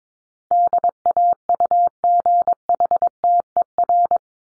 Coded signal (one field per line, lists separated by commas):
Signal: Morse code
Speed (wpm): 22 wpm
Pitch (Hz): 700 Hz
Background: none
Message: DAUGHTER